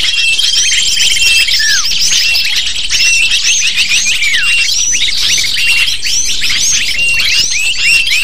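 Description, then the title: Busy lovebird chatter with high squawks and squeaks, several clearer descending chirps standing out from the continuous flock noise. Lure sound used to attract lovebirds. "PIKAT BURUNG LOVEBIRD"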